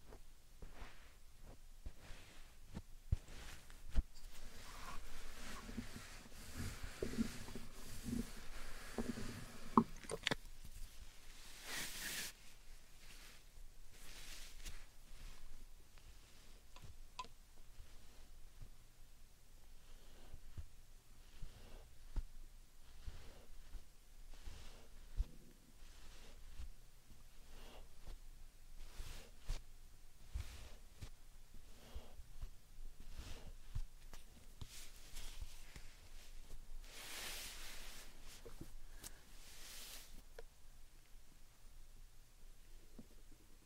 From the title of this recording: Satisfying Slime Sand Triggers